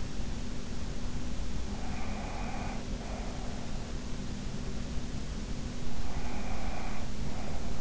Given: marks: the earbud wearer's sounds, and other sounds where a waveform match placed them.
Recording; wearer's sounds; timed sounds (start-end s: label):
sounds in sleep by an in-ear microphone; breath
1.70-3.69 s: breath
6.04-7.81 s: breath